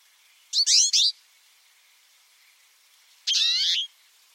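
Bird gives two short phrases of quick, sweeping chirps, the first broken into three pulses and the second one steady burst nearly three seconds later.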